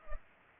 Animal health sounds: mosquito wingbeat signal from an infrared sensor; Culex pipiens

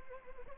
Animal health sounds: mosquito wingbeat signal from an infrared sensor; Anopheles arabiensis

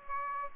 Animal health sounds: mosquito wingbeat signal from an infrared sensor; Aedes aegypti

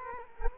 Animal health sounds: mosquito wingbeat signal from an infrared sensor; Culex quinquefasciatus

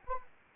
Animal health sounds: mosquito wingbeat signal from an infrared sensor; Anopheles arabiensis

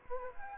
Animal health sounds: mosquito wingbeat signal from an infrared sensor; Anopheles gambiae

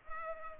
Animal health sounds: mosquito wingbeat signal from an infrared sensor; Culex pipiens

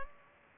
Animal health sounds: mosquito wingbeat signal from an infrared sensor; Culex pipiens

